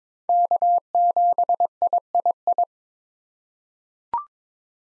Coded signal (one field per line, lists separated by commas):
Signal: Morse code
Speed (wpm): 21 wpm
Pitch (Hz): 700 Hz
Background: none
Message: K7III